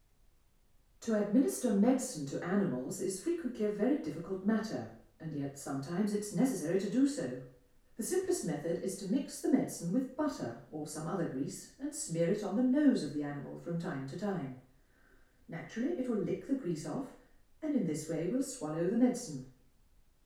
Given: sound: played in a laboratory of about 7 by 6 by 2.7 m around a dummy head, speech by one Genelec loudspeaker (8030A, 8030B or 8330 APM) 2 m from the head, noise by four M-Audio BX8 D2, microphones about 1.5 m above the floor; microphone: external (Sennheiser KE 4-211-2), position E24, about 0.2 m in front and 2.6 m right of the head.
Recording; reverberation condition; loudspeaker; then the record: female speech in English; medium; behind (180 degrees)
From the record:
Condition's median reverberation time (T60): about 510 ms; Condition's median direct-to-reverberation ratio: about -0.5 dB